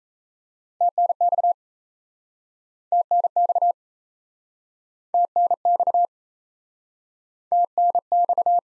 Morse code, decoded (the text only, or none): TNX TNX TNX TNX